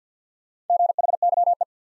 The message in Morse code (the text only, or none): GHYE